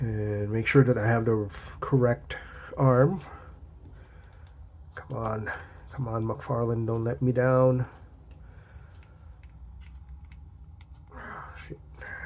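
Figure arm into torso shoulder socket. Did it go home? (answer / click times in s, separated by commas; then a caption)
no / none. Someone talks while lining up the plastic arm peg of a McFarlane Condiment King build-a-figure from Batman: The Animated Series and pressing it against the torso's shoulder socket. After the talking, only faint, small contact ticks are heard from about 8.3 to 10.8 s as the arm is worked against the tight socket. Nothing has seated or clicked yet.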